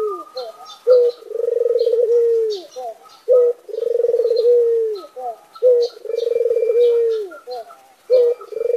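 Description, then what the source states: Barbary dove cooing: a short note followed by a long rolling purr around mid pitch, sliding down at the end, repeated in phrases about every two and a half seconds, with faint chirps above. White Barbary dove; masteran recording, used to train songbirds.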